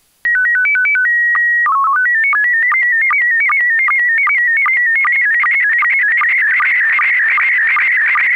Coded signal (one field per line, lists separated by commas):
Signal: SSTV (slow-scan television)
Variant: PD 50